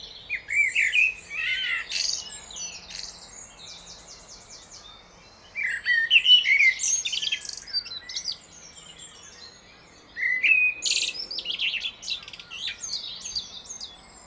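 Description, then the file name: Common blackbird song: three phrases, each opening with fluted whistles and ending in a high scratchy twitter, about five seconds apart. "Turdus merula"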